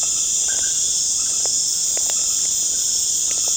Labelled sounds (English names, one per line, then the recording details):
none
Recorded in pastures near Puerto Asís, Putumayo, Colombia, on 25 June 2025 at 19:00
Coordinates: 0.496, -76.326
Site GP01